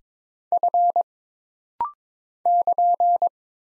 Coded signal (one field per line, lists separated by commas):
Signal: Morse code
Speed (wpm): 22 wpm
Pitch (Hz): 700 Hz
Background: none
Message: F <KN>